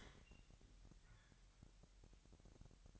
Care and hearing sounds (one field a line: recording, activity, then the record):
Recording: daily activity, microphone in the room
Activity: open fridge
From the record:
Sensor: 3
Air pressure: 1001.9 hPa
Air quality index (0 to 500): 245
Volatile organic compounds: 49 ppm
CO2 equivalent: 3289 ppm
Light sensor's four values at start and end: 12/36/15/13 and 12/36/15/13